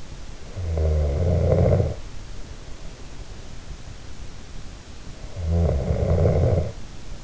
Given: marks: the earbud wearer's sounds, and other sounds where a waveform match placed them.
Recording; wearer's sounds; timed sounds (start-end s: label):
sounds in sleep by an in-ear microphone; snoring breath
0.57-2.91 s: snoring breath
5.23-7.24 s: snoring breath